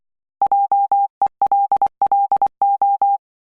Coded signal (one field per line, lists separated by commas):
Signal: Morse code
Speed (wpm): 22 wpm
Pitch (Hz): 800 Hz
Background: none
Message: JELLO